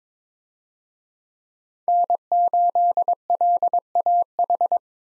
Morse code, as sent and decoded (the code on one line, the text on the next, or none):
-. ---.. .-.. .- ....
N8LAH